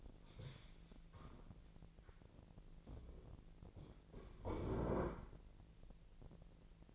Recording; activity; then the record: daily activity, microphone in the room; stand up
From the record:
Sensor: 5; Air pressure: 1002.1 hPa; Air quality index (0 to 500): 248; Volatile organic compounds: 31 ppm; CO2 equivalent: 2975 ppm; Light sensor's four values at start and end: 39/93/39/42 and 39/94/39/42